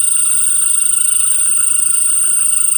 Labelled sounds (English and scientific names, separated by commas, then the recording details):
none
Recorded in pastures near Puerto Asís, Putumayo, Colombia, on 12 March 2025 at 18:30
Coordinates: 0.472, -76.329
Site G074